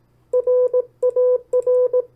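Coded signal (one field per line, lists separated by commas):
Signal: Morse code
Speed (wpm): 18 wpm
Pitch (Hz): 1000 Hz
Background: none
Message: RAR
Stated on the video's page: Morse copy practice of opposite words sent at 18 WPM and 14 WPM.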